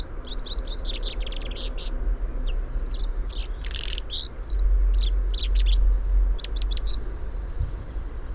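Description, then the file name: Common chaffinch calls: dense bursts of clipped high chips with occasional thin falling whistles, and low rumbling background noise throughout. "Fringilla coelebs"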